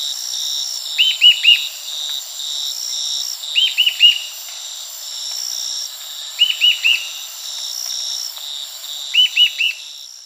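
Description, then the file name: Bird gives four short bursts of arched, bouncing notes, roughly every two to three seconds, with a constant shrill insect drone and rhythmic high pulses behind. "SABIOD 50 bird 2015"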